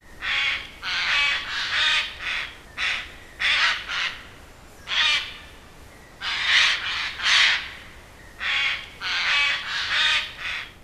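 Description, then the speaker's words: Eurasian Jay giving many harsh, rasping screeches, spaced irregularly with short gaps, some in quick pairs. Screeches in forest, often in groups, signalling that a hiker's activities are being watched. "etelämpänä retkeläinen tietää, että touhuja seurataan, kun närhi rääkäisee metsässä, usein porukallakin."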